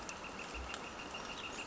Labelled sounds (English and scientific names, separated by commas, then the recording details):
Northern Flicker (Colaptes auratus)
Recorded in Sonoma County, California